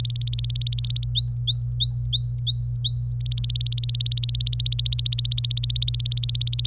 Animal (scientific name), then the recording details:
Serinus canaria. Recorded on 25 April 2018 at 14:28. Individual llb3